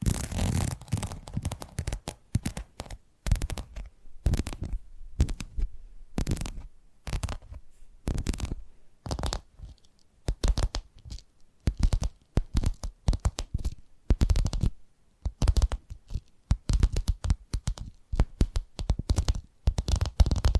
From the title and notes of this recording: ASMR 10 Addictive Tapping Triggers. (No Talking).